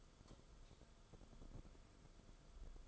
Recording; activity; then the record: daily activity, microphone in the room; light off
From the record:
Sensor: 5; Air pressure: 994.5 hPa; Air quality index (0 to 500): 191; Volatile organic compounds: 1000 ppm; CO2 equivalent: 5624 ppm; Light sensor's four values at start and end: 23/59/24/28 and 21/54/22/25